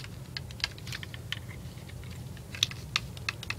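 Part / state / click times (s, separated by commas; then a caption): plastic track piece into track assembly / not seated / none. A plastic K'NEX Mario Kart Wii Track Expansion Pack track piece is pressed one-handed into the track assembly. Only light, scattered plastic ticks and taps are heard, with brief louder ones near 0.6, 1.3, 2.6, 3.0 and 3.3 seconds, but none is a seating click. The piece has not clicked in and is not seated.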